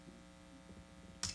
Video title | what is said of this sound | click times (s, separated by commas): PowetToys: RotF Voyager Bludgeon | rotate it all up until it snaps into place then we can | 1.2 s